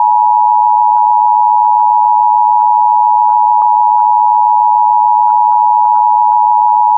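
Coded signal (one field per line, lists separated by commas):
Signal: Emergency Alert System (SAME) tones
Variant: 853 and 960 Hz attention tone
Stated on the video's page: Real Severe Thunderstorm Warning alert audio, monitored from an EAS relay network feed.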